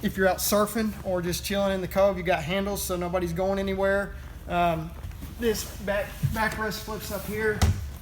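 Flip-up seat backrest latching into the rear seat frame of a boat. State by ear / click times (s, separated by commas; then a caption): not seated / none. A man talks throughout while the flip-up backrest of the rear seat on a MasterCraft X23 boat is being handled and raised toward its upright position in the seat frame. Low rumbling and a few soft knocks sit under the voice. The backrest has not locked into place yet, and nothing has seated or clicked.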